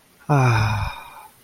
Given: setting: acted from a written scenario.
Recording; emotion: vocal sound without words; serenity